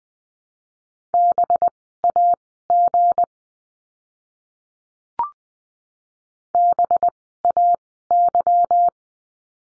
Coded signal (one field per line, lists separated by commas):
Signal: Morse code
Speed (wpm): 20 wpm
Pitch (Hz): 700 Hz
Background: none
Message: BAG BAY